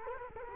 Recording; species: mosquito wingbeat signal from an infrared sensor; Culex quinquefasciatus